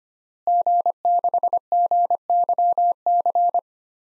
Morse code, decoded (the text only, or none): G6GYC